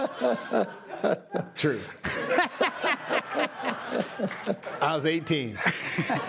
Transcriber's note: laughter